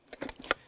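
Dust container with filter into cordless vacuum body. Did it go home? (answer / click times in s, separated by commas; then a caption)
yes / 0.5 s. A plastic dust container with its filter, just cleaned and clicked back in, is pushed back into the body of a cordless vacuum. A few light knocks and rattles lead up to a sharp plastic click at 0.5 seconds, and the container is locked in position.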